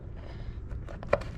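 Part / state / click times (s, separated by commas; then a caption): connector onto intake sensor / seated / 1.1 s. A connector on an intake sensor of a 2010–2017 GM truck with a flex-fuel 4.8L or 5.3L V-8 is twisted, pushed in, and twisted back. Soft rustling and small handling taps lead to a sharp click at 1.1 s as it locks into place, and the connector is seated.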